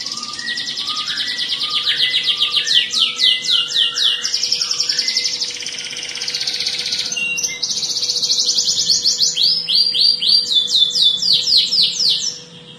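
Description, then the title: Canary song, long fast rolling trills and buzzy chattering phrases, high-pitched and continuous, with a steady low hum underneath. "Kenari"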